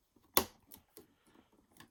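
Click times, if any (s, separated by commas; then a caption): 0.4 s. A RAM memory module is pressed down into a motherboard DIMM slot, and the retention clips snap shut with a loud, sharp click at 0.4 seconds. A few fainter ticks and taps follow as the module seats, confirming it is locked in place.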